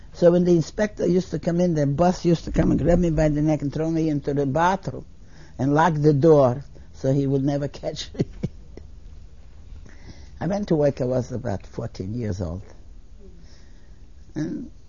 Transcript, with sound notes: So when the inspector used to come in the boss used to grab me by the neck and throw me into the bathroom and lock the door so he would never catch me. ( she laughs ) I went to work when I was about fourteen years old. And